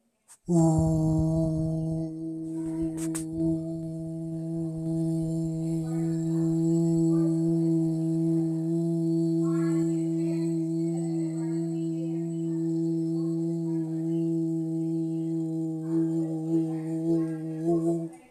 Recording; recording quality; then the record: sustained vowel as in boot; moderate, slight background noise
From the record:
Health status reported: healthy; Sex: male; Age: 25 years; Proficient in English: yes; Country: India